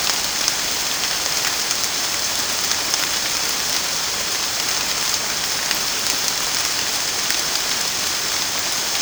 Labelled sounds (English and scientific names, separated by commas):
none